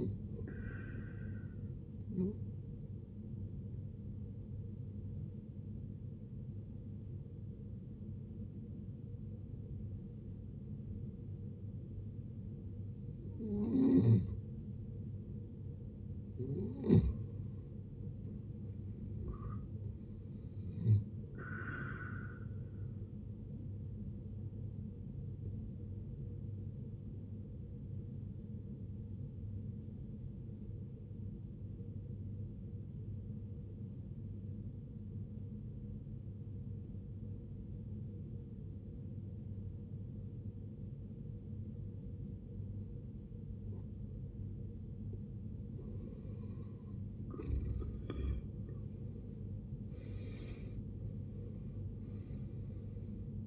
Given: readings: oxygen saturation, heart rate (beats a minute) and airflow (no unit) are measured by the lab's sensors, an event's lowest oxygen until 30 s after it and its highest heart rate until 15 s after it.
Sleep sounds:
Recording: breathing in sleep by a smartphone at the bedside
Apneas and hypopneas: 2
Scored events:
3.00-18.20 s: hypopnea (N1, oxygen 92% highest, then 89% lowest, heart rate 68 at the start, 74 highest)
29.00-53.47 s: new sleep stage, N2 (light sleep)
33.00-46.10 s: obstructive apnea (N2, oxygen 94% highest, then 78% lowest, heart rate 64 at the start, 76 highest)
From the record:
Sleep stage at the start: N1 (lightest sleep)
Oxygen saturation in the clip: 82 to 94%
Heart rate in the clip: 56 to 74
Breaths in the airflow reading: 7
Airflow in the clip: -17.1 to 15.9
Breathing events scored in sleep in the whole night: 389 in 6.3 hours asleep

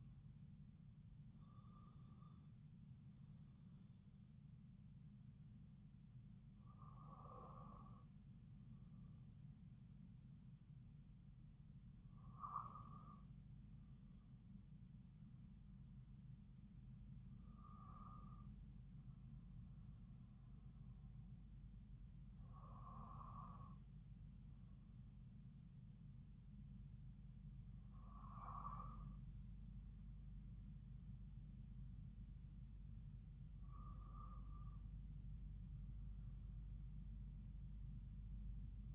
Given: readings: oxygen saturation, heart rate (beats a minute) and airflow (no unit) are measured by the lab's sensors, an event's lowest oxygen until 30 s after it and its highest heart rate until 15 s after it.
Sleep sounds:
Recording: breathing in sleep by a smartphone at the bedside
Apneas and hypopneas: none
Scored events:
none scored
From the record:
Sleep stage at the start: REM sleep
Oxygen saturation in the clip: 93 to 96%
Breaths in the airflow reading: 7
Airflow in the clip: -5.9 to 6.7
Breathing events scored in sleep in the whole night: 270 in 6.1 hours asleep

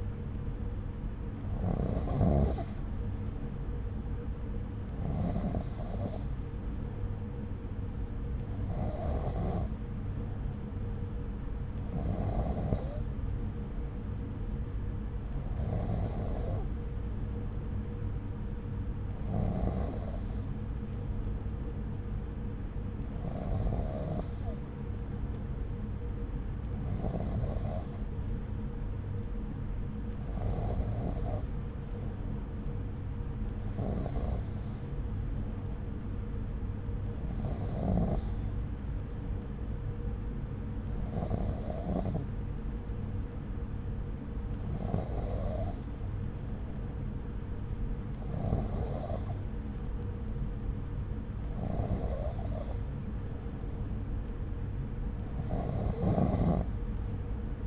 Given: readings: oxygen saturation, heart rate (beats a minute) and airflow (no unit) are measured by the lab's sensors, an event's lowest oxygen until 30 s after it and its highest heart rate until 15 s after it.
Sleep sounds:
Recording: breathing in sleep by a smartphone at the bedside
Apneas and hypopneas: none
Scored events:
5.00-35.00 s: new sleep stage, N3 (deep sleep)
35.00-57.67 s: new sleep stage, N2 (light sleep)
From the record:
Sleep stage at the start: N2 (light sleep)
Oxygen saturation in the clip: 93 to 94%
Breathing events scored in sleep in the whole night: 303 in 8.1 hours asleep

